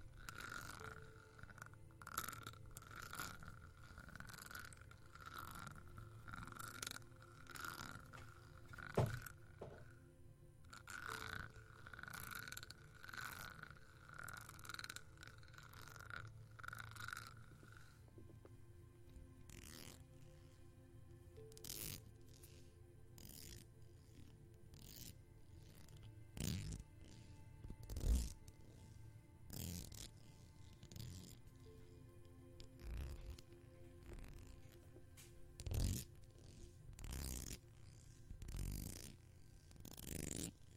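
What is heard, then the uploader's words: Irregular tapping and plucking on fidget toys, with sharp clicks mixed with soft, squishy rubbery sounds throughout. Louder snaps stand out around 9, 27 and 36 seconds. A faint steady tone hums underneath for the first eighteen seconds. Tapping & Anxiety Plucking & Fidget Balls ASMR.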